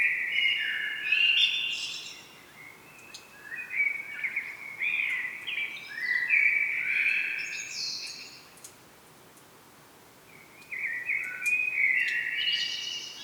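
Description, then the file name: Common blackbird singing several linked phrases of low, flute-like warbling interspersed with high, scratchy twitters, then a short pause before more song. "Turdus merula"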